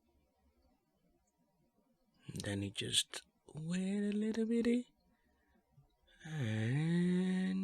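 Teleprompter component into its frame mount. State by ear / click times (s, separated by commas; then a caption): not seated / none. A Moman MT2 teleprompter component is handled as it is being fitted onto its frame mount during assembly while someone talks. The voice comes in bursts from about 2.3 to 4.8 seconds and again from 6.2 seconds to the end. Nothing has seated or clicked yet; the clip ends just before the part snaps home.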